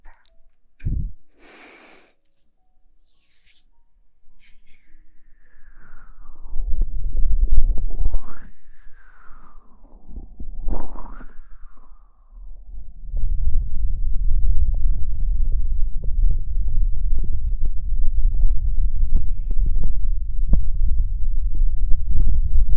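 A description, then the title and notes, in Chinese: Muffled ear-covering sounds with aloe gel, opening with a few short bright hissy taps. From about five to twelve seconds come slow swooping squelches that slide down and up in pitch, then a dense, low, crackling rumble continues steadily to the end. 潜水捂耳朵 呼吸 芦荟胶。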